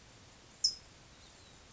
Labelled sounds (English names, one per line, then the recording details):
California Towhee
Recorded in Sonoma County, California